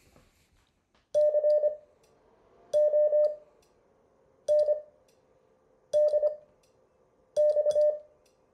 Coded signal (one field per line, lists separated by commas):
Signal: Morse code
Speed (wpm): 25 wpm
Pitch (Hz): 600 Hz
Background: none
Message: CONDX